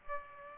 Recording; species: mosquito wingbeat signal from an infrared sensor; Aedes aegypti